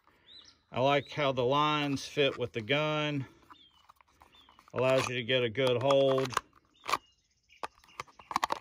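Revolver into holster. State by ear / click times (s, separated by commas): seated / 8.4 s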